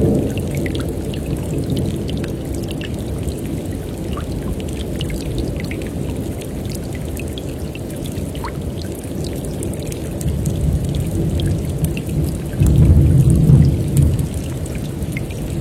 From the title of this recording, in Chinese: 雨林，鸟儿，小溪，水流，下雨